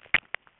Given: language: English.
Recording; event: throat vibration sensor signal played as sound; swallow